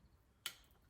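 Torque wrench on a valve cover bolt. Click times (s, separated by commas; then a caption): 0.5 s. A torque wrench tightens a valve cover bolt on a Ford Ranger until it breaks over at its setting. A single sharp click sounds at 0.5 seconds against quiet background, confirming the bolt has reached torque.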